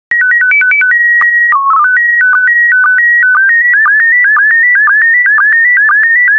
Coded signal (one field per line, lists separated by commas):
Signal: SSTV (slow-scan television)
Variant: PD 120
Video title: 5074 Coasts SSTV PD120